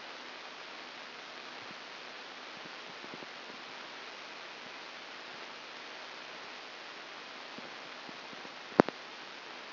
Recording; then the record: brain microelectrode recording played as sound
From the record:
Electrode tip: outside the subthalamic nucleus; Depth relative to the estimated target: -6 mm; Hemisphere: left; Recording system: AlphaMap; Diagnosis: Parkinson's disease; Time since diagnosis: 24 years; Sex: female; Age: 57 years